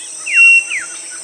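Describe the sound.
Bird calls: a down-slurred whistle with a steady pure tone overlapping it, then a second descending note, over a constant high hiss.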